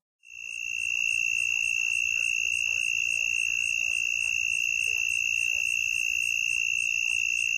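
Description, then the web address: Southern mole cricket song: a steady, unbroken buzzing trill held at one pitch throughout, with faint higher pulsing overtones and a soft low background hum. Recorded in North America. "Songs of Insects. Southern Mole Cricket"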